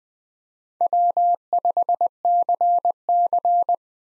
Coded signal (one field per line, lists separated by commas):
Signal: Morse code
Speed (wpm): 20 wpm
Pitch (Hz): 700 Hz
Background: none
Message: W5CC